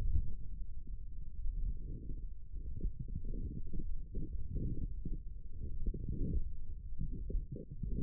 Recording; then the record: forearm muscle sounds (acoustic myography)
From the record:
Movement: forearm supination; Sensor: system 1, eight BSWA MPA416 microphones around the upper forearm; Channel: 2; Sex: male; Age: 42 years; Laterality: right